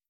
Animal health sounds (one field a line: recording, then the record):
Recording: hydrophone in a shrimp aquaculture tank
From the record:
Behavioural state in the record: starved